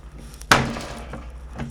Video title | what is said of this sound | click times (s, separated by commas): LaGrotteDuBarbu - S01E07 : Recyclons… | sont les seuls qu'une éclipse voilà qu'on entend craque c'est que c'est bon | 0.5 s